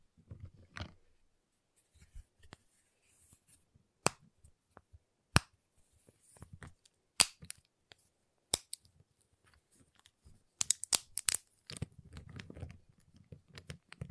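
Hard tapping and snapping on a giant chocolate bar: sharp, bright clicks land irregularly, with strong cracks near 4, 5.5, 7 and 8.5 seconds. Softer rustling and scraping fill the gaps, and a dense flurry of cracks and crunching builds after 10.5 seconds.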